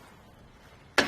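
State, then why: Seated. The front wheel mount arm of a Kuat Sherpa 2.0 two-bike hitch platform rack on a 2023 Hyundai Santa Fe is lifted into its locked upright, ready-to-ride position. After near-silence, the metal arm snaps into place with one sharp, loud click at 1.0 s, and the arm is seated.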